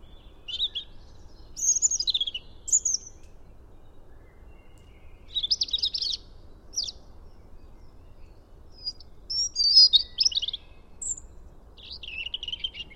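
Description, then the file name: European robin giving scattered high, tinkling phrases of warbled notes and brief twittering trills, separated by short silent gaps. "Erithacus rubecula"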